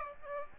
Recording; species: mosquito wingbeat signal from an infrared sensor; Aedes aegypti